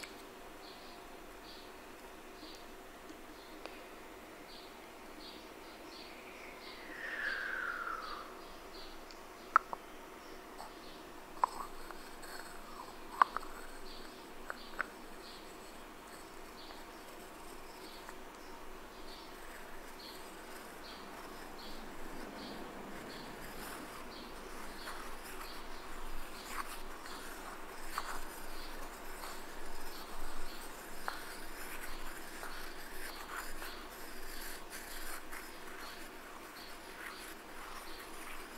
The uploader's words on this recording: ASMR Scratching & Tapping!